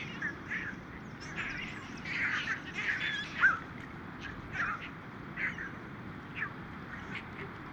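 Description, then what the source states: Mediterranean gulls giving many nasal yelping calls at irregular intervals over a steady low rumbling background. Recording features calls of first-winter and adult birds.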